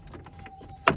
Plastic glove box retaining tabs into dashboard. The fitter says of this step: you just push it back up so the tabs lock back in at the top,